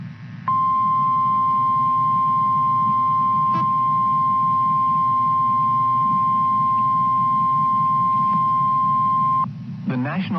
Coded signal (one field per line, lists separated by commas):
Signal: Emergency Alert System (SAME) tones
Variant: 1050 Hz attention tone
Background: speech